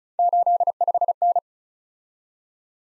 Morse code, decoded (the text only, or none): 85N